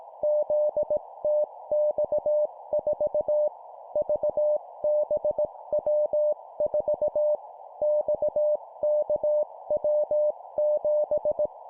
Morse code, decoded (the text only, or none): ZTX4 VBW4 XKW7